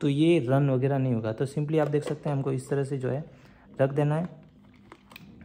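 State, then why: Seated. A man talks while the upper assembly of a Borosil cold press slow juicer, its plastic bowl and lid, is set onto the motor base and turned until it locks, since the juicer will not run unless locked. After the speech fades, faint clicks come at 4.9 s and 5.2 s as the top locks properly onto the base.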